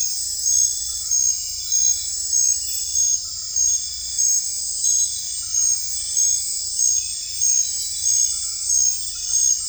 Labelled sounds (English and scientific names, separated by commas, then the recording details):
none
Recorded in secondary vegetation near Puerto Asís, Putumayo, Colombia, on 18 December 2024 at 22:00
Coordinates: 0.481, -76.318
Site G042